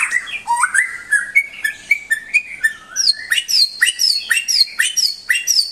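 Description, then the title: White-rumped shama song: quick run of varied whistles sliding into rapid repeated high chirping notes, over a faint hum. Vigorously singing master shama; song used to train the toughness of a newly kept shama. "mster Mnuk. Suara Murai Batu Gacor Master untuk Melatih Ketangguhan Murai Baru Milik Anda"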